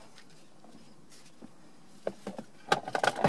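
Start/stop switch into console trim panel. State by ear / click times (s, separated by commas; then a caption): seated / 2.7 s. A start/stop switch is pushed back into the plastic console trim panel of a 2013–2015 Ford Taurus, wording right side up. After a quiet start, faint handling taps around 2.1 s lead to the switch snapping into place at 2.7 s, followed by a few more sharp clicks and taps up to about 3.3 s. The switch is seated.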